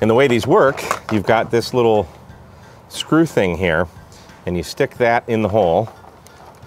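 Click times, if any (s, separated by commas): none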